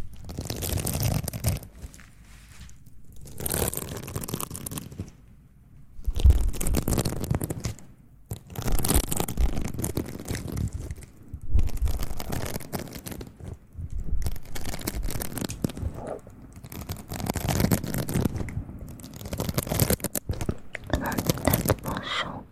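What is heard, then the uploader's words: ASMR mouth sounds and mic handling come in bursts of wet clicks and smacks, with rubbing, gripping noises pressing on the microphone. The sounds arrive in clusters of a second or two, separated by short near-silent gaps, with deep thumps underneath. ASMR mouth sounds + mic pumping, swirling, tapping, and gripping.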